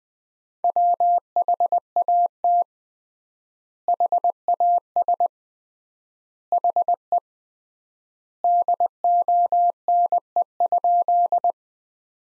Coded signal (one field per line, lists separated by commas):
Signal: Morse code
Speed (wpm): 20 wpm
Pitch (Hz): 700 Hz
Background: none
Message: WHAT HAS HE DONE?